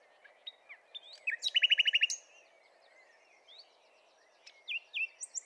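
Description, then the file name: Common nightingale song: scattered chirps, a quick run of strong repeated notes, then quieter whistles. "Luscinia megarhynchos"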